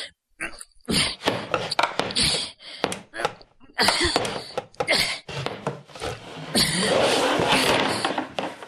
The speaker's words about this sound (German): Ich kämpfe mit einem widerspenstigen Stuhl. Und ich glaube, ich siege. Jetzt komme ich an mein Messer.